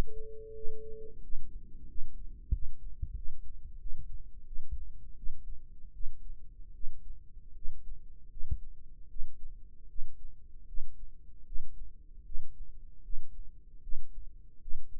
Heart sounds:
heart sounds by microphone in the left ear; 81 bpm
0.54 s: heartbeat
1.21 s: heartbeat
1.87 s: heartbeat
2.52 s: heartbeat
3.15 s: heartbeat
3.79 s: heartbeat
4.45 s: heartbeat
5.16 s: heartbeat
5.93 s: heartbeat
6.73 s: heartbeat
7.55 s: heartbeat
8.29 s: heartbeat
9.09 s: heartbeat
9.88 s: heartbeat
10.66 s: heartbeat
11.45 s: heartbeat
12.24 s: heartbeat
13.02 s: heartbeat
13.81 s: heartbeat
14.60 s: heartbeat
From the record:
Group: healthy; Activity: rest 0-3 s, breath hold 3-15 s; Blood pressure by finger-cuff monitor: 138/87 mmHg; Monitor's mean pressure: 101 mmHg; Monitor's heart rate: 78 bpm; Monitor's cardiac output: 6 L/min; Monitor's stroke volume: 75 mL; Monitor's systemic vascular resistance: 1260 dyn s/cm5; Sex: female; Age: 37 years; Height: 168 cm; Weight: 70 kg

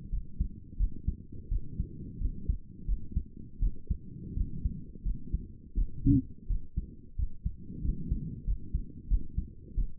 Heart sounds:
heart sounds by stethoscope; 87 bpm
0.10 s: heartbeat
0.77 s: heartbeat
1.49 s: heartbeat
2.18 s: heartbeat
2.85 s: heartbeat
3.59 s: heartbeat
4.34 s: heartbeat
5.03 s: heartbeat
5.75 s: heartbeat
6.47 s: heartbeat
7.16 s: heartbeat
7.82 s: heartbeat
8.44 s: heartbeat
9.08 s: heartbeat
9.75 s: heartbeat
From the record:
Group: healthy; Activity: rest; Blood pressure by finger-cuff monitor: 167/87 mmHg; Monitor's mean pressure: 110 mmHg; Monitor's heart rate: 87 bpm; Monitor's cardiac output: 7.6 L/min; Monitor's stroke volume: 88 mL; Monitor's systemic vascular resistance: 1050 dyn s/cm5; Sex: female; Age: 22 years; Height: 154 cm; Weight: 58.7 kg

